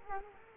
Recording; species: mosquito wingbeat signal from an infrared sensor; Culex quinquefasciatus